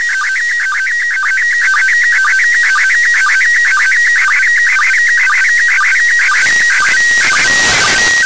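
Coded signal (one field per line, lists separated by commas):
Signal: SSTV (slow-scan television)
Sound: warbling, chirpy tones stepping rapidly, with a short low blip about twice per second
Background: radio static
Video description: picture 2 starts at 5:00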